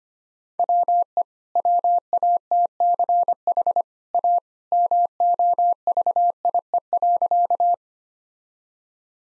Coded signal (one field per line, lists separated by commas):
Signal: Morse code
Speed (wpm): 25 wpm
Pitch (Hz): 700 Hz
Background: none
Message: WE WATCH A MOVIE.